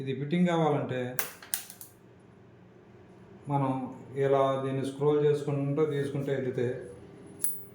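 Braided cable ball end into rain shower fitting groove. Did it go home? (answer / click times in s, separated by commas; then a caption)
yes / 7.5 s. Someone talks while sliding the metal ball end of the braided cable of a Kohler two-mode rain shower along the groove of its fitting, with a few brief taps around 1.5 s. At 7.5 s the ball drops into the groove with a sharp click. The ball end is locked in place and will not come out when pulled.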